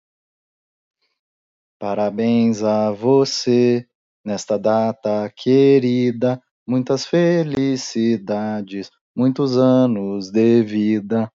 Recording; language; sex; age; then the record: short text; Brazilian Portuguese; male; 30 to 39 years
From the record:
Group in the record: control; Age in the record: 37 years